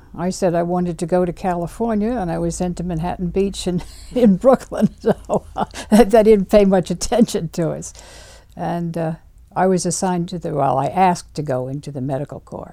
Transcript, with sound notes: I said I wanted to go to California, and I was sent to Manhattan Beach in Brooklyn. ( she laughs ) So I guess they didn't pay much attention to us. And I was assigned to, well, I had to go into the medical corps.